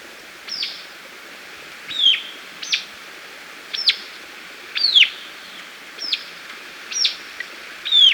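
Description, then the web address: White-capped tanager calls: a run of shrill, quickly falling notes repeated at uneven short intervals, with low background hiss throughout. Recorded in Ecuador. "Birds of Ecuador. White-Capped Tanager"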